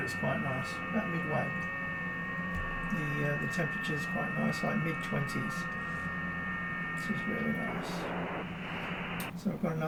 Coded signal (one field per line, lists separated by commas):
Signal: FT8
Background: speech